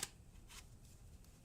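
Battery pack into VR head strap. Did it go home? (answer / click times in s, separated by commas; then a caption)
no / none. A battery pack is handled near its plastic slot on a VR head strap before being pushed back in. There is a sharp tap at the very start, soft rustling handling noise with a brief hiss-like scrape around 0.5 seconds, and a faint tick near 1.2 seconds. Nothing has seated or clicked into place yet.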